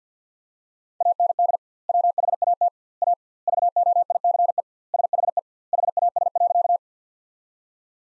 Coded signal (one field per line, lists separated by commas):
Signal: Morse code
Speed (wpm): 50 wpm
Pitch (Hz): 700 Hz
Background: none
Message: AND WHAT A VOICE SHE HAS.